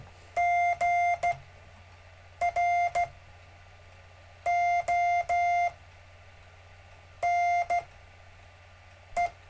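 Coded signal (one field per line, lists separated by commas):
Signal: Morse code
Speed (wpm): 14 wpm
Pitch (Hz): 700 Hz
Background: none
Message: GRONE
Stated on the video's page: Gentle Morse code practice during a live stream lesson.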